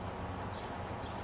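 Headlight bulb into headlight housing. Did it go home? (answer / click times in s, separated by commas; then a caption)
no / none. A headlight bulb is handled at the back of a new headlight housing for a 2003 Subaru Outback, about to be pushed fully in. Only a steady broadband rustle and hum is heard, with no sharp transients. Nothing has seated or clicked yet.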